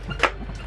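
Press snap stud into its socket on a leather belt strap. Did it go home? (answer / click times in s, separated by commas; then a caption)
yes / 0.2 s. A metal press-snap stud is pressed into its socket on the leather strap of a WWE "Blue" Big Eagle Official Replica championship belt during a snap test. A single short, sharp click at 0.2 s stands out over a low, steady background. The fastener snaps shut and is seated.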